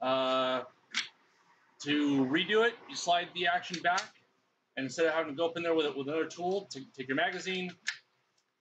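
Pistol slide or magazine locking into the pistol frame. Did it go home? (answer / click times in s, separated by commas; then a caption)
no / none. During a field strip of a Smith & Wesson M&P Shield 9mm compact pistol, the slide is pulled back and a magazine is used instead of another tool to lock the slide or magazine into the pistol frame while someone talks. Nothing has seated or clicked yet; the clip ends just before the part goes home.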